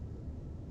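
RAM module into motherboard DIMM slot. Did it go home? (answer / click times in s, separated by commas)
no / none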